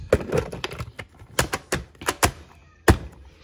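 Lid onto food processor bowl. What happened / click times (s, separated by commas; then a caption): The plastic lid snapped into place / 2.9 s. A plastic lid is fitted onto a food processor bowl loaded with tomatoes; it must be snapped in place or the machine won't start. A series of sharp plastic knocks and taps is heard as it is positioned, followed by a loud, crisp snap at 2.9 s as the lid seats firmly into place.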